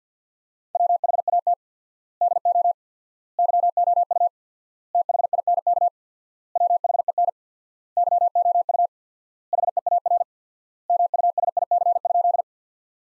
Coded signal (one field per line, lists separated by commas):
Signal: Morse code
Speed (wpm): 50 wpm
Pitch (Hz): 700 Hz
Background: none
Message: WHAT DO YOU THINK WHEN YOU HEAR MUSIC?